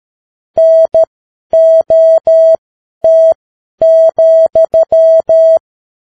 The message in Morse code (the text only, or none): NOT,